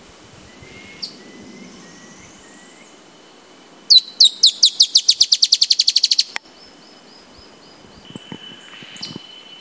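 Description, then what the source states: Dusky-tailed antbird: faint thin calls come first, then the Dusky-tailed antbird delivers a loud, accelerating series of high, sharp notes lasting over two seconds, followed by softer high notes. Recorded at Ferradura, Canela, Rio Grande do Sul, Brazil, on 4-10-16.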